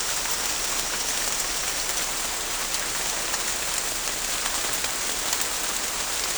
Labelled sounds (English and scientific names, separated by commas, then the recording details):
none
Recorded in pastures near Puerto Asís, Putumayo, Colombia, on 18 December 2024 at 16:00
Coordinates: 0.496, -76.326
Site G004